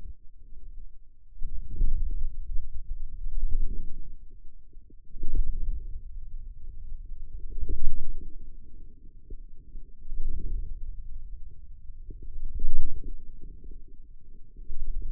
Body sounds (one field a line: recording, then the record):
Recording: forearm muscle sounds (acoustic myography)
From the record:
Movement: wrist flexion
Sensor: system 2, bracelet of six BSWA MPA416 microphones around the upper forearm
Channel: 5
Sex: male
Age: 22 years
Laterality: right